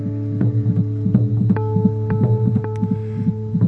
Record the sound of the baby in utero. This is the heart of a baby.